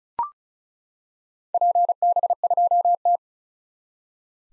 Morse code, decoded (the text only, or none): PB2T